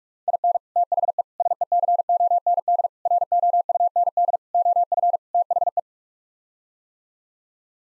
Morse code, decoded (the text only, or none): IN THE SECOND ROUND OF THE